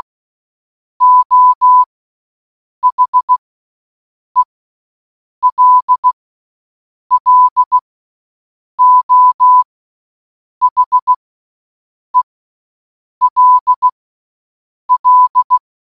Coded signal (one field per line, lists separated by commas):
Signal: Morse code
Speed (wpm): 16 wpm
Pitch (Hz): 1000 Hz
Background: none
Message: O HELLO HELL